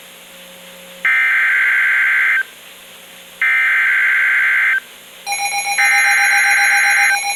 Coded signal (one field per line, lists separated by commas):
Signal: Emergency Alert System (SAME) tones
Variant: header bursts